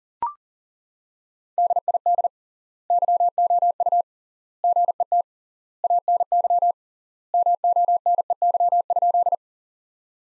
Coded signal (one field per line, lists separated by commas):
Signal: Morse code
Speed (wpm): 40 wpm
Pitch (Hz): 700 Hz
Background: none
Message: DID YOU GET ANY MONEY?